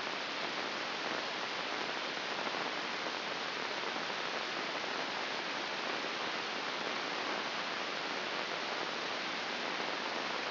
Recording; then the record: brain microelectrode recording played as sound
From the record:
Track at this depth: inside the subthalamic nucleus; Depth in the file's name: 3.029 mm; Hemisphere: left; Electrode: 2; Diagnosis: Parkinson's disease